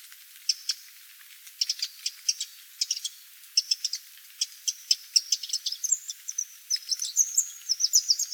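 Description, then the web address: Eurasian wren giving dry, ticking call notes in an irregular series, then breaking into a quick, high, twittering trill near the end over light background hiss. "troglodytes troglodytes call"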